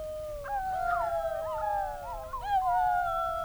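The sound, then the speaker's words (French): A pack of wolves in a forest howl together: several long, wavering howls overlap in a chorus, voices sliding up and down in pitch and holding steady mournful tones, with no speech over them. “Et surtout, il y avait beaucoup de loups.”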